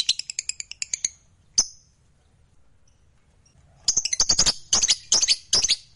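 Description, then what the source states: Lovebird giving short high chirps and clipped squeaks, an opening burst, a lone note, then a quiet gap before a dense run of sharp calls. Fighter lovebird singing energetically (gacor).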